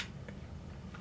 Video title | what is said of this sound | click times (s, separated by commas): My first air soft video | Now, once you load the clip, when you load a clip into an airsoft pistol, you have to wait till it clicks, like that. You hear that noise. | 0.3 s